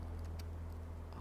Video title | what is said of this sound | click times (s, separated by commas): DIY免壓接網路頭｜沒工具也能自己更換網路頭｜到底多難？連小羅都會做錯！？｜Field Termination Plug DIY | 一样是往下压，这个卡榫往下压，往下压，它就卡住了。 | 0.4 s, 1.1 s